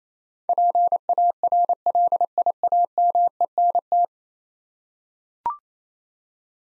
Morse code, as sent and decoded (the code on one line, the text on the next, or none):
.--. .- .-. .-.. .. .- -- . -. -
PARLIAMENT